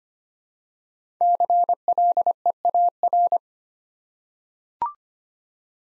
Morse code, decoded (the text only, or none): CLEAR